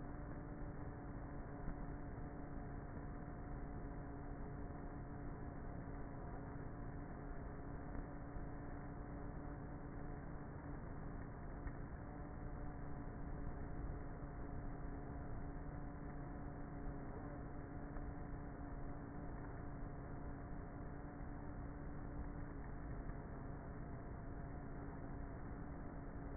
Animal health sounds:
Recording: honeybee colony, microphone inside the hive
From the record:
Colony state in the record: queenless with a low population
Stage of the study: before two queens were removed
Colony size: about 30,000 bees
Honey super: no

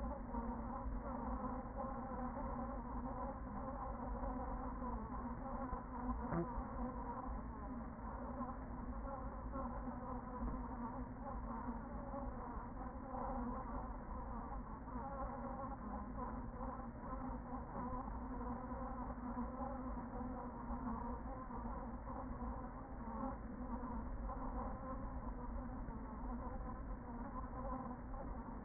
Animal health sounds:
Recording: honeybee colony, microphone inside the hive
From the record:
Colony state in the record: queen present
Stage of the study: after two queens were removed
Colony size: about 40,000 bees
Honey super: no

